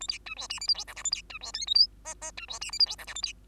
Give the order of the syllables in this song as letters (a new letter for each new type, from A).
A B C D E F G H I J A B C D K L M N N C D E F G H I J A B